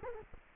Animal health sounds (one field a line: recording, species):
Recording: mosquito wingbeat signal from an infrared sensor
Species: Culex quinquefasciatus